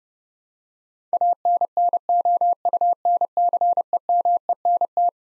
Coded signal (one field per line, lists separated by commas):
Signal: Morse code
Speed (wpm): 32 wpm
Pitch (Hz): 700 Hz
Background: none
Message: ANNOUNCEMENT